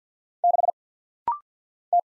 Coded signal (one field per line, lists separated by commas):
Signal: Morse code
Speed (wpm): 49 wpm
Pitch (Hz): 700 Hz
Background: none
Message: 6 T